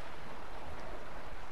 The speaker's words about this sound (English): It's fantastic just lying here. Can't you hear the waves? Just listen.